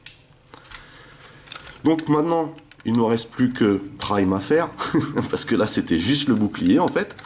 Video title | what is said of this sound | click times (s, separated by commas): TLK-15 Calibur Optimus Prime | suffit juste de tirer voyez ça s'enclenche là dedans voilà donc | 0.1 s